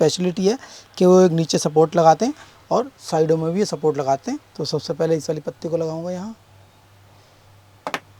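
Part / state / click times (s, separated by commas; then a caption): plastic panel support strip into LED TV chassis frame / seated / 7.9 s. A plastic support strip is pushed into place inside the frame of a Sony KLV-32R422A LED TV during reassembly. Someone talks for the first six seconds, then after a quiet pause a sharp double click is heard at 7.9 s and 7.9 s. The strip locks in.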